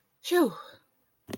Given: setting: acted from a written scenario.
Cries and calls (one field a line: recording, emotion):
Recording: vocal sound without words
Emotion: relief